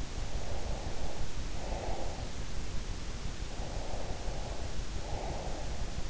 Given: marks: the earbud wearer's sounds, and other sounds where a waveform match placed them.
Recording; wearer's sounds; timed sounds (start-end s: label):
sounds in sleep by an in-ear microphone; breath
0.38-2.32 s: breath
3.58-6.10 s: breath